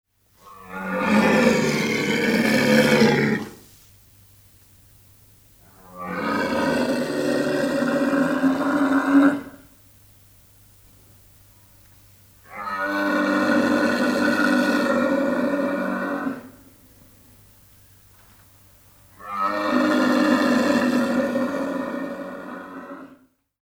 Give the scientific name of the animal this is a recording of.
Camelus dromedarius